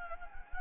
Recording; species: mosquito wingbeat signal from an infrared sensor; Anopheles gambiae